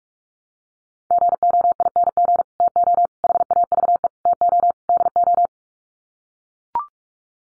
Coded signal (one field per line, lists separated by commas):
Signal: Morse code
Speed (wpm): 44 wpm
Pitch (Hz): 700 Hz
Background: none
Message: GOING TO HAVE TO DO